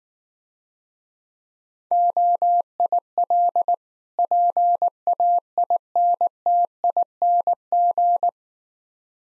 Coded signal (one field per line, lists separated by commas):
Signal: Morse code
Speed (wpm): 19 wpm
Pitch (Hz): 700 Hz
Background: none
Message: OIL PAINTING